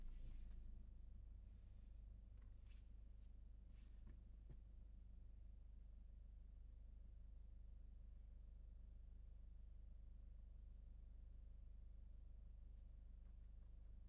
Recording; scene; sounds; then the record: everyday scene through a hearing-aid microphone; in a vehicle; engine idling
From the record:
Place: Berlingo II, diesel engine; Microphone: behind the ear, left, rear